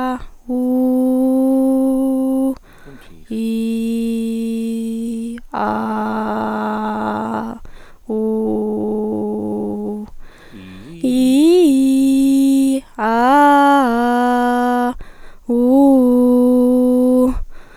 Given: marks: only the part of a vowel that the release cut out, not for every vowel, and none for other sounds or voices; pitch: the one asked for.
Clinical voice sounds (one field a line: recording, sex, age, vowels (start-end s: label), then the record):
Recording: sustained vowels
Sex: female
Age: 20 to 29 years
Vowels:
0.51-2.41 s: vowel /u/, high pitch
3.67-5.18 s: vowel /i/, low pitch
5.90-7.36 s: vowel /a/, low pitch
8.27-9.83 s: vowel /u/, low pitch
11.18-12.61 s: vowel /i/, low-high-low pitch
13.20-14.76 s: vowel /a/, low-high-low pitch
15.66-17.13 s: vowel /u/, low-high-low pitch
From the record:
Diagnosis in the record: recurrent laryngeal nerve paralysis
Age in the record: 21 years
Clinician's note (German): Strumiprive links mit beginnender Kompensation